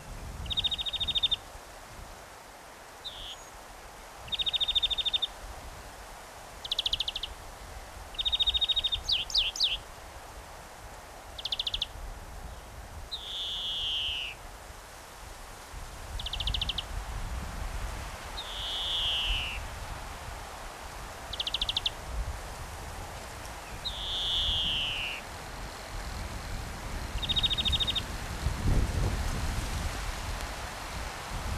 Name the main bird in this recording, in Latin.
Chloris chloris